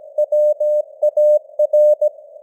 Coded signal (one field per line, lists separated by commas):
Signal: Morse code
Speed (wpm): 17 wpm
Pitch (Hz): 600 Hz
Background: none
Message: WAR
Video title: Morse Code News | 2025-11-08 | 17wpm